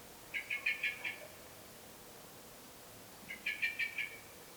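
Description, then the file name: Common blackbird giving rapid series of sharp chinking notes, two bursts of about five notes each separated by two seconds of near silence. "Turdus merula"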